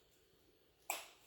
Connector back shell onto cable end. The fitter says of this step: that's it it clicked once that's correct now